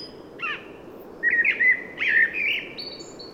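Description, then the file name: Common blackbird, a soft brief note, a pause, then a warbling fluted phrase that wavers in pitch, ending in a thin high squeak. "Turdus merula"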